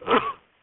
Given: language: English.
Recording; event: throat vibration sensor signal played as sound; cough